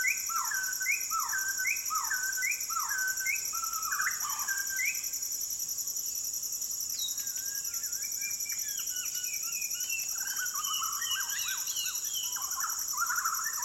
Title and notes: Borneo Rainforest - Evening - Dusk Chorus With Shama. The fluting calls of White-crowned shamas fill the valley as the sun sets over the jungles of Maliau NP, Borneo